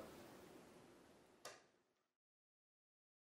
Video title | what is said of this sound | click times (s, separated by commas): xtreamer vs asus o!play hd2 | very easy put it on again the cap and lock again in the bottom | 1.4 s